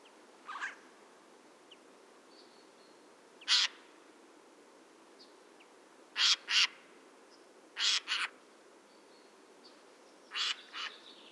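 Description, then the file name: Eurasian jay calling repeatedly with harsh, grating screeches, several in pairs, spaced irregularly throughout, with faint thin chirps between. "Garrulus glandarius"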